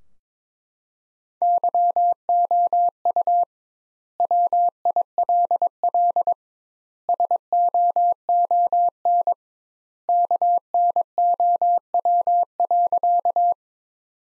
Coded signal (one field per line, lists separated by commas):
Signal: Morse code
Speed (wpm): 22 wpm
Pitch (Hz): 700 Hz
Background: none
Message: YOU WILL SOON KNOW.